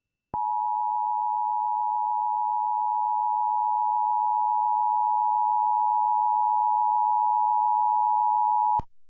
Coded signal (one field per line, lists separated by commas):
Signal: Emergency Alert System (SAME) tones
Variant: 853 and 960 Hz attention tone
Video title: (SAFE) TEXAS AMBER Alert on WBAP-AM (EAS #1702)